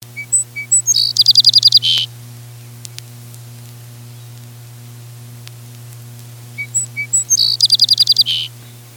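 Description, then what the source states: Song Sparrow song, given twice: a few thin introductory notes followed by a rapid high buzzy trill ending in a lower slurred note, over a steady low electrical hum. Song sparrows are back in the Northland; found near brushy undergrowth in towns, cities, suburbs and country; song buzzy in the centre, then breaking into a jumble, rendered 'Maids, maids, maids, hang up your tea kettle, ettle, ettle.'.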